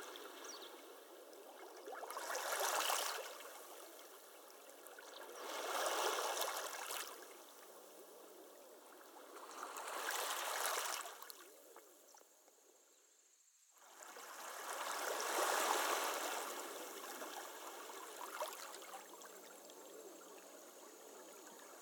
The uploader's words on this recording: ASMR de ondas do mar, bem calminhas. Stone Beach Waves.